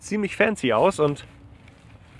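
Belt tongues are being handled at the magnetic 5-point harness buckle of a cargo-bike child seat while someone talks, followed by quiet low background noise with a faint tick near 1.7 s. Nothing has seated or clicked into the buckle yet.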